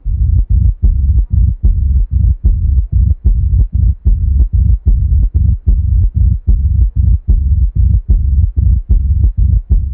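Heart sounds of an adult, heard through a stethoscope.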